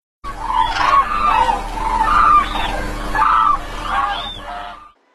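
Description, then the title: Black-necked cranes calling, a flock giving overlapping loud honking and trumpeting notes, some rising, in a continuous chorus. Over 1,410 black-necked cranes arriving to winter at Caohai National Nature Reserve, Weining, northwestern Guizhou, China; migration earlier and numbers higher than previous years due to warm weather. "千余只黑颈鹤飞抵贵州草海 开启越冬生活"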